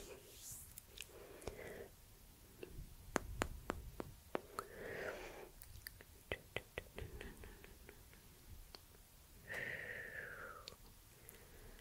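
Soft plucking and pulling sounds mix with wet mouth noises and tongue clicks. Sharp, quick clicks come in bursts around the third and sixth-to-seventh seconds, between breathy rustling swells. Near the tenth second a brighter, sliding hiss drifts downward before fading.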